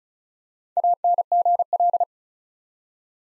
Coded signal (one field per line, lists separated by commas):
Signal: Morse code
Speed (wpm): 36 wpm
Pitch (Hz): 700 Hz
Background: none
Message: ANGL